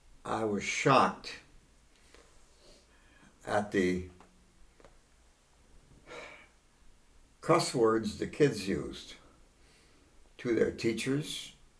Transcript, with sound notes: I was shocked at the ( he sighs ) cuss words the kids used to their teachers